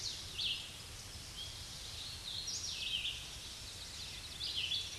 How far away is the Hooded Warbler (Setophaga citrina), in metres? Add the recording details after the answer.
about 50 m. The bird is about 15 m above the microphone. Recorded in a Pennsylvania forest on 16 May 2024 at 07:16. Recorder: AudioMoth, point MSD-2095. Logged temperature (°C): 16.3 °C. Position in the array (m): 131 m, 114 m